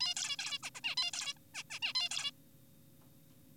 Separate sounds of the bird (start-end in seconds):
0.01-0.14, 0.16-0.36, 0.39-0.58, 0.64-0.70, 0.75-0.81, 0.84-0.95, 0.97-1.11, 1.14-1.34, 1.37-1.38, 1.54-1.63, 1.70-1.80, 1.82-1.93, 1.95-2.09, 2.11-2.31